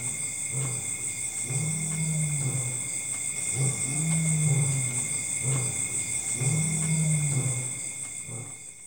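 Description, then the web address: Lion giving low, drawn-out moaning grunts, three long calls each preceded by a short huff, over continuous high-pitched insect trilling. Lions in Africa, with a background insect chorus. "BBC Sound Effects Library. Africa. Lions, Lions With Insect Chorus"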